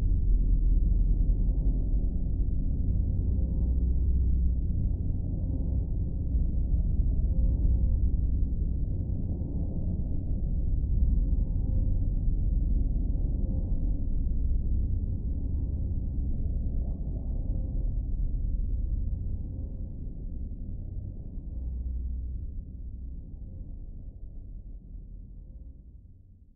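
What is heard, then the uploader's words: An ambient spaceship soundscape: a dense, steady low rumble with soft swelling waves, confined to deep tones, gradually fading out over the final seconds. The Ambient Spaceship Soundscape.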